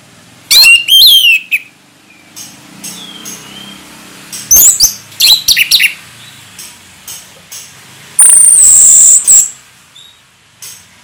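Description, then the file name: Orange-headed thrush song: loud bursts of fast, varied whistled and chattering phrases, then a long piercing high whistle near the end, over a low steady hum. Singing in the ngeplong style, described as gacor. "anis merah gacor ngeplong"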